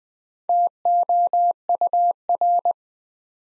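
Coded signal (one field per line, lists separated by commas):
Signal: Morse code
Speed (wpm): 20 wpm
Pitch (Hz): 700 Hz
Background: none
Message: TOUR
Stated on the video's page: Morse practice at 20 wpm: 4-letter words built two letters at a time for instant character recognition.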